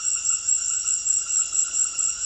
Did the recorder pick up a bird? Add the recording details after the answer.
no. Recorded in secondary vegetation near Puerto Asís, Putumayo, Colombia, on 23 June 2025 at 18:30. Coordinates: 0.500, -76.326. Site GP08